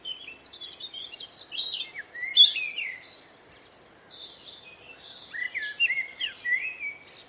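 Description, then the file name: European robin singing a fluid, tinkling series of high whistles and quick trills, shifting in pitch, with a brief lull midway before the phrases resume. "Erithacus rubecula song"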